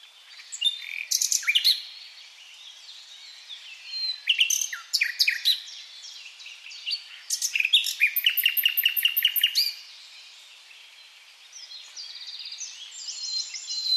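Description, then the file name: Common nightingale song in several loud phrases of sharp, clicking and trilled notes separated by softer gaps, ending with a thin high warble. "Luscinia megarhynchos"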